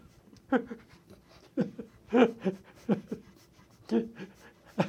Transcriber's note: prolonged laughing